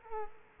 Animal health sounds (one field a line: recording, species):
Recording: mosquito wingbeat signal from an infrared sensor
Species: Culex quinquefasciatus